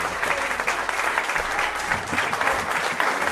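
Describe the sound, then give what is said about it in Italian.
Sustained applause from a crowd, a dense, steady patter of many hands clapping for several seconds with no voices standing out. “Applausi.”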